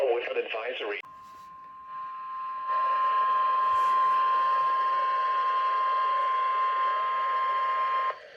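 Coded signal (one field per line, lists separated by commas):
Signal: Emergency Alert System (SAME) tones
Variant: 1050 Hz attention tone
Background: speech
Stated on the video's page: Compilation of real EAS alerts for rain storms in California.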